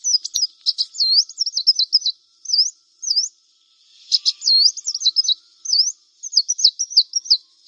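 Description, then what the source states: Brown-throated Sunbird song: a rapid, high run of sharp chips and wavering, looping whistled notes in bursts separated by short pauses. Indonesian name Kolibri Kelapa; described as gacor, meaning singing vigorously.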